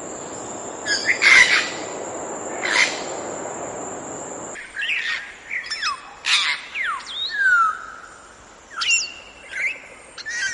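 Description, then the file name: Grey parrot giving harsh squawks, then clear whistles, some rising and others sliding down, with pauses between phrases; a constant high whine runs through the opening seconds. "canto do papagaio cinzento"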